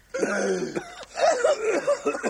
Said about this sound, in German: Sag einmal, woran hast du dich denn jetzt so verschluckt? Ich weiß nicht, wenn ich das wüsste.